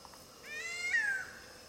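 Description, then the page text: Grey-headed kite giving one catlike mewing call that rises, then slides downward and fades, richly harmonic against a quiet background. Recorded in Brazil; local name gavião gato. "biancophoto nature. GAVIÃO GATO"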